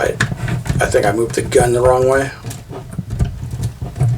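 Someone talks while handling a plastic gun piece on a Lego Star Wars Ghost brick model spaceship, after turning the gun the wrong way. Faint plastic handling taps come at about 2.5, 2.9 and 3.6 seconds. The piece has not seated or clicked into place yet.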